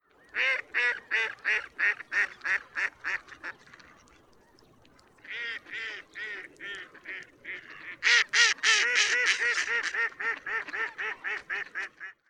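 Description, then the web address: Mallard giving a rapid series of harsh nasal quacks, a pause, then more quacks building to a louder burst that tapers off. "magamo"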